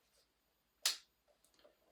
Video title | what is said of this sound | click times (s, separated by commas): Unboxing the Seafrogs aluminum housing | Probably heard that click there. | 0.9 s